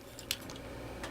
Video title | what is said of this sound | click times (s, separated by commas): Transformers Prime RID Vehicon (Steve) | and that one is in here nice click | 0.3 s